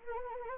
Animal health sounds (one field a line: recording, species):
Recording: mosquito wingbeat signal from an infrared sensor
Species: Anopheles arabiensis